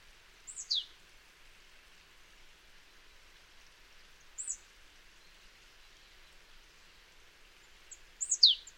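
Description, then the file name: Marsh tit calls: high, down-slurred notes in three short bouts, the middle one fainter, over steady background noise. "Poecile palustris"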